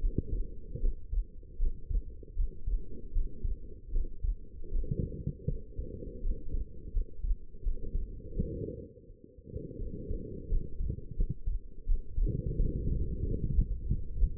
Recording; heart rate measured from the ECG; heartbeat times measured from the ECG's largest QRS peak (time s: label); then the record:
heart sounds by stethoscope; 83 bpm
0.79 s: heartbeat
1.57 s: heartbeat
2.35 s: heartbeat
3.11 s: heartbeat
3.91 s: heartbeat
4.70 s: heartbeat
5.46 s: heartbeat
6.21 s: heartbeat
6.92 s: heartbeat
7.62 s: heartbeat
8.34 s: heartbeat
9.06 s: heartbeat
9.78 s: heartbeat
10.48 s: heartbeat
11.15 s: heartbeat
11.85 s: heartbeat
12.56 s: heartbeat
13.22 s: heartbeat
13.86 s: heartbeat
From the record:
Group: healthy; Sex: female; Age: 19 years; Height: 163 cm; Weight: 51 kg